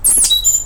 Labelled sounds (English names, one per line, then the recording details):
Stitchbird song
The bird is a male
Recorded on Tiritiri Matangi Island, New Zealand, in 2005
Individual 1, of nest box 1